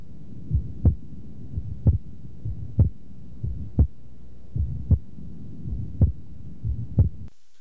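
Heart by stethoscope, about 60 beats per minute, with physiologic splitting of S2: aortic closure first, pulmonary closure second, usually more than 25 ms apart and heard separately. Best heard with the diaphragm at the upper left sternal border. Adult.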